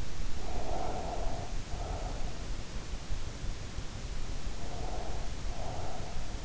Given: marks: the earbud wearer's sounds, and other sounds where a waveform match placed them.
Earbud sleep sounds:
sounds in sleep by an in-ear microphone; breath
0.10-2.67 s: breath
4.46-6.45 s: breath

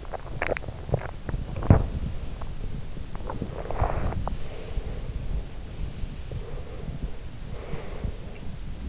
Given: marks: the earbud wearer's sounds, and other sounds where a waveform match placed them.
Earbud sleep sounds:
sounds in sleep by an in-ear microphone; swallowing, teeth grinding, breath
0.00-2.23 s: swallowing
3.16-4.59 s: teeth grinding
4.01-5.62 s: breath
6.24-8.69 s: breath

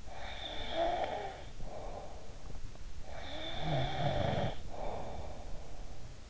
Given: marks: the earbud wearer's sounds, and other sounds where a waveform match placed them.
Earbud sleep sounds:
sounds in sleep by an in-ear microphone; snoring breath
0.02-2.53 s: snoring breath
3.19-5.82 s: snoring breath

